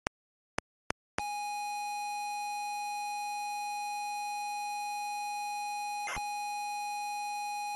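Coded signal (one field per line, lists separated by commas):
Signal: ZX Spectrum tape loading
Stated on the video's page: ZX Spectrum game converted to an analog tape-loading stream, meant to load on real 48K or 128K machines.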